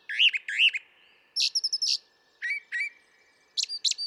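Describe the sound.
Brown thrasher song: two matching whistled phrases, then a rapid series of high notes, followed by further paired notes.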